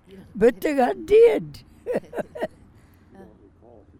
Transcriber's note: laughs